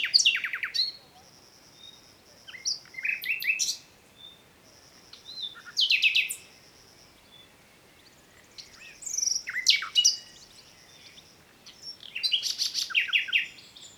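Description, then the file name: Common nightingale singing varied phrases about every three seconds, mixing steep whistled sweeps, clicks and rattling trills with short silent gaps. "Luscinia megarhynchos"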